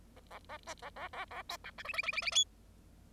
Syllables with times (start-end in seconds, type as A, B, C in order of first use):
0.16-0.20 A, 0.31-0.39 A, 0.49-0.57 A, 0.67-0.74 B, 0.82-0.90 A, 0.96-1.08 A, 1.13-1.25 A, 1.30-1.42 A, 1.49-1.57 C, 1.64-1.71 D, 1.78-1.83 E, 1.84-1.93 F, 1.93-2.02 F, 2.03-2.12 F, 2.12-2.21 F, 2.22-2.31 F, 2.31-2.44 G